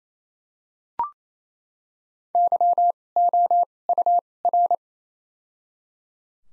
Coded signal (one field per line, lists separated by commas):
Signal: Morse code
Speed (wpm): 28 wpm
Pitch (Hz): 700 Hz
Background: none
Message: YOUR